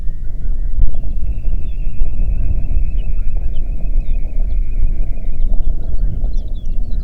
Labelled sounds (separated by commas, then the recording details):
songbird, waterfowl, wind
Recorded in the Prudhoe Bay oil fields, Alaska, on 8 June 2019 at 04:32
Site 30